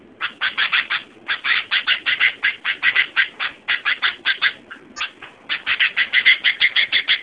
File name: suara burung kutilang